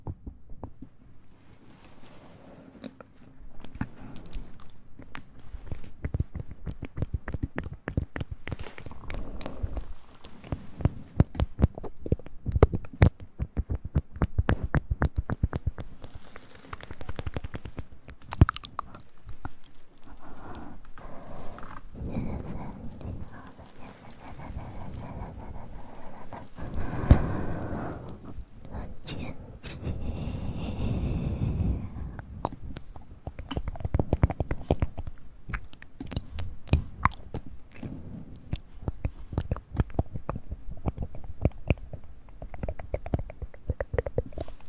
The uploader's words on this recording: ASMR Mouth Sounds & Ear Play.